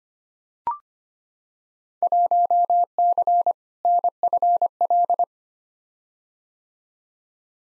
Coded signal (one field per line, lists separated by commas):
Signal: Morse code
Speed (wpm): 25 wpm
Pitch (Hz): 700 Hz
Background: none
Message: 1C NFL